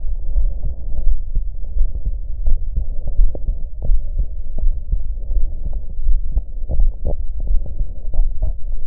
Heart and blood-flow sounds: heart sounds by stethoscope; aortic valve (AV); normal heart sounds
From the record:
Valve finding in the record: sclerotic aortic valve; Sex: male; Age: 66 years

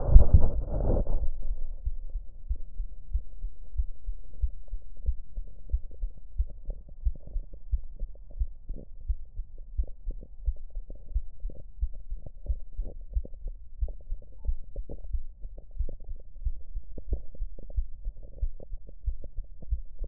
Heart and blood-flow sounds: heart sounds by stethoscope; mitral valve (MV); normal heart sounds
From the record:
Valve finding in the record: mitral regurgitation, grade 0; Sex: female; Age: 59 years

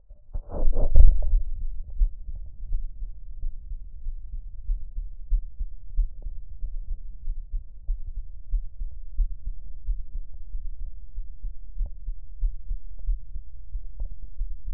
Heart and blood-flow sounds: heart sounds by stethoscope; pulmonary valve (PV); normal heart sounds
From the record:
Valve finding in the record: normal valve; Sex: male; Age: 36 years

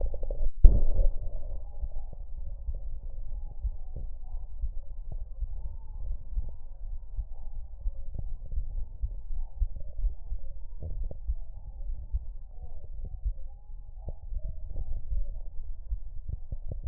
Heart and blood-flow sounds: heart sounds by stethoscope; mitral valve (MV); normal heart sounds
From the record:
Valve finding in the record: normal valve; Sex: female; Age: 69 years

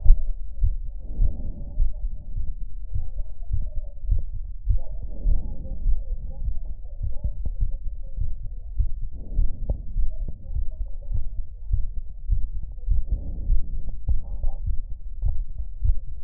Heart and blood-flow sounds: heart sounds by stethoscope; pulmonary valve (PV); normal heart sounds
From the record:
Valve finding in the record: normal valve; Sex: male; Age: 75 years

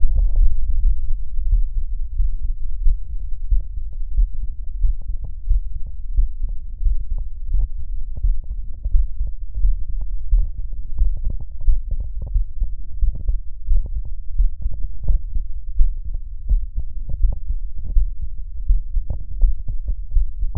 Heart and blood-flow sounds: heart sounds by stethoscope; tricuspid valve (TV); normal heart sounds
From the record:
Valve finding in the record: tricuspid regurgitation, grade 0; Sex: male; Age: 39 years

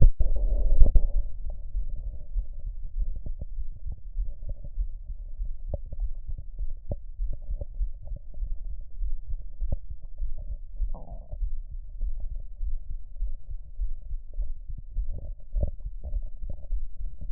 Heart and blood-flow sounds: heart sounds by stethoscope; mitral valve (MV); normal heart sounds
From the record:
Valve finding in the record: mitral regurgitation, grade 0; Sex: female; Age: 47 years

